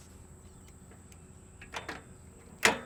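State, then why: Seated. A wheelchair component is fitted into the wheelchair frame, with a quieter click near 1.9 s and a sharp, louder click at 2.7 s over a steady low hum. The parts click into place and seat.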